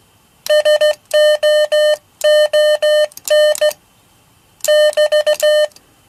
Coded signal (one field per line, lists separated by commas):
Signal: Morse code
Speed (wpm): 15 wpm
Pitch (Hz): 600 Hz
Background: none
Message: SOON <BT>